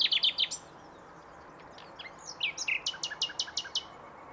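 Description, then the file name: Common nightingale song: a quick run of sharp notes, a pause, then rising whistles leading into a rapid, evenly repeated high trill. "Luscinia megarhynchos"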